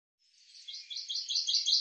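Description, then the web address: Common chaffinch song, a brief series of bright high notes growing louder toward the end. "Deverinetal 2025 File cleaned normalized Bird Fr Co"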